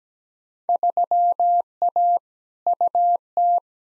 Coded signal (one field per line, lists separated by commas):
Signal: Morse code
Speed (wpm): 17 wpm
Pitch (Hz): 700 Hz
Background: none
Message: 3A UT